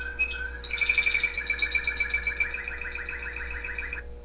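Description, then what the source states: Canary delivering a fast, even trill of repeated notes lasting about three seconds, ending abruptly, with a constant low hum behind. Pet canary singing with background music playing.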